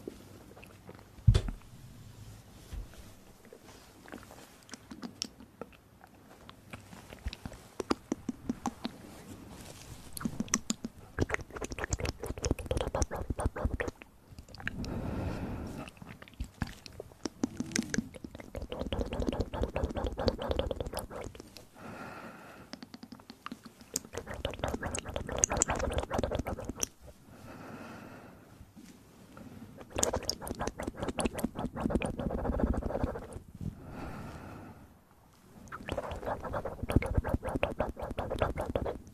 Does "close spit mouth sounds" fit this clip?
yes